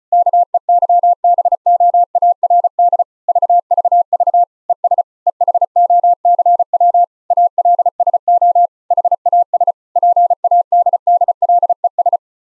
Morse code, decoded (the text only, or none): KEYBOARD VVV ES EHOCW ALSO HAS PADDLES